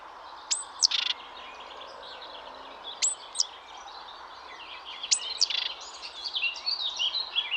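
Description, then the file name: Great tit calls: three high thin notes each joined to a buzzy rasp, spaced a couple of seconds apart, with other birds chirping behind. "Parus major"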